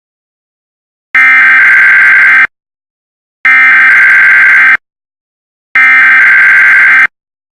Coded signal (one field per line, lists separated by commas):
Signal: Emergency Alert System (SAME) tones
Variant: header bursts